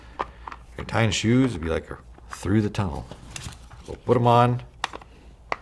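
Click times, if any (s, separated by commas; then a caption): 4.8 s, 5.5 s. Someone talks while the plastic lens ears of a V-Force Profiler paintball mask are pushed under the mask's frame clips. Two sharp snaps are heard at 4.8 s and 5.5 s, and the lens tabs are seated under the clips.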